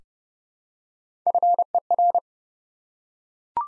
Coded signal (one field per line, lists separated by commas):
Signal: Morse code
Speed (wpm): 30 wpm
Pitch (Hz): 700 Hz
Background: none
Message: FER